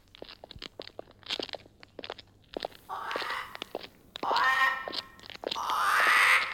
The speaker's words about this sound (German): Haben Sie das gehört, Mr. Cooper? Ja, eine Krähe.